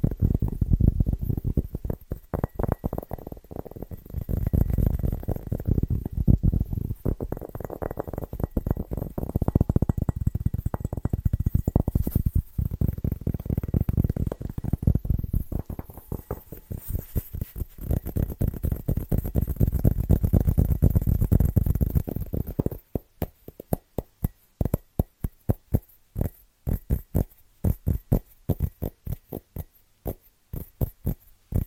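Fast, rhythmic tapping with a dull, thumpy low tone. For the first twenty-odd seconds the taps run together in a dense, busy flurry. After that they break into quicker, distinct bursts separated by brief silences.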